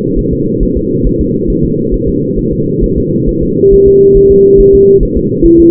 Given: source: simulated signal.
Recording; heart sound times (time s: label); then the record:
fetal heart sounds
0.19 s: S1
0.33 s: S2
0.63 s: S1
0.77 s: S2
1.07 s: S1
1.21 s: S2
1.50 s: S1
1.65 s: S2
1.94 s: S1
2.09 s: S2
2.39 s: S1
2.53 s: S2
2.84 s: S1
2.98 s: S2
3.29 s: S1
3.43 s: S2
3.73 s: S1
3.88 s: S2
4.17 s: S1
4.32 s: S2
4.60 s: S1
4.75 s: S2
5.03 s: S1
5.17 s: S2
5.46 s: S1
5.60 s: S2
From the record:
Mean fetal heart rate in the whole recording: 135 bpm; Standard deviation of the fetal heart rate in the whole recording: 3 bpm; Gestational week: 36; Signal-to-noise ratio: -11.2 dB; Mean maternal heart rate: 72 bpm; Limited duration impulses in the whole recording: present